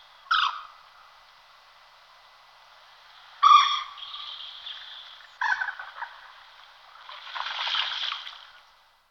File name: Slipka zelenonoha Gallinula chloropus